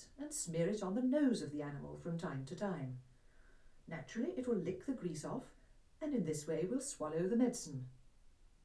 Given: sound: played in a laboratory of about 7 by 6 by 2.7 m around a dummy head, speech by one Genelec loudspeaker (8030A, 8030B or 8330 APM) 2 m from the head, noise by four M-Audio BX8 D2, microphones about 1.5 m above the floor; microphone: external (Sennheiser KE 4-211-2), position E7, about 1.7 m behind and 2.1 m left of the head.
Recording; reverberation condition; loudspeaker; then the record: female speech in English; low; 120 degrees to the right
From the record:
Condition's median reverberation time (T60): about 310 ms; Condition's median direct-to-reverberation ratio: about 3.5 dB